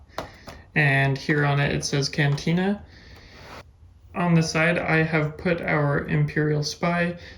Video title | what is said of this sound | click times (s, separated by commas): LEGO 75290 MOS EISLEY CANTINA Set REVIEW - Star Wars 2020 | and again, it's the type of door that can lock into place like that. | 0.2 s